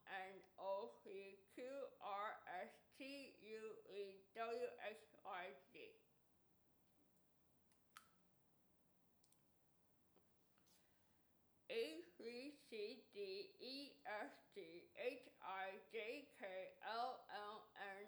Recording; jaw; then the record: letters of the alphabet, spoken; constrained by a bite bar between the teeth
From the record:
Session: first day, right after the free take